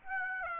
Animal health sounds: mosquito wingbeat signal from an infrared sensor; Aedes aegypti

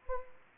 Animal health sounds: mosquito wingbeat signal from an infrared sensor; Anopheles arabiensis

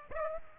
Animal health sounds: mosquito wingbeat signal from an infrared sensor; Aedes aegypti

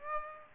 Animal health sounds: mosquito wingbeat signal from an infrared sensor; Aedes aegypti

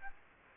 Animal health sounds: mosquito wingbeat signal from an infrared sensor; Aedes aegypti

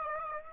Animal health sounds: mosquito wingbeat signal from an infrared sensor; Aedes aegypti

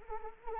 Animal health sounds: mosquito wingbeat signal from an infrared sensor; Anopheles arabiensis

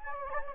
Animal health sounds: mosquito wingbeat signal from an infrared sensor; Anopheles gambiae

